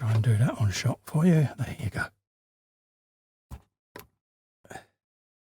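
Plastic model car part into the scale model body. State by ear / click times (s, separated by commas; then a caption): not seated / none. Someone talks while handling a plastic part of a 1:6 scale Ford Mustang Shelby GT500 model kit, which is meant to be pressed into the scale model body until its edges drop in and lock. After the talking stops, a few short, quiet knocks and taps are heard around 3.5, 4.0 and 4.7 seconds. Nothing has seated or clicked into place yet.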